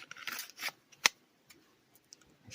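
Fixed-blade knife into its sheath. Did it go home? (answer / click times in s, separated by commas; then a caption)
yes / 1.1 s. An ESEE 6 fixed-blade knife with 3D Scales is pushed into its molded sheath, with some brief rustling and scraping before a sharp, loud click at 1.1 s as the blade snaps into the sheath's retention. The knife is seated and locked in with firm retention and no rattle.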